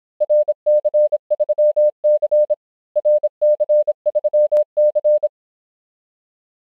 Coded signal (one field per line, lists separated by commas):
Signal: Morse code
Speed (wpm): 26 wpm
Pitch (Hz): 600 Hz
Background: none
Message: RC3C RC3C